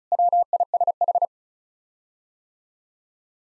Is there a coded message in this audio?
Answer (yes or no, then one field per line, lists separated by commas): yes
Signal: Morse code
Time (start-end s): 0.1-1.3 s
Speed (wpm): 36 wpm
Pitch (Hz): 700 Hz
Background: none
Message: WISH